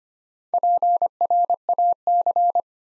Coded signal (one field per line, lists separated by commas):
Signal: Morse code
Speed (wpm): 25 wpm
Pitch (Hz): 700 Hz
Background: none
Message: PRAC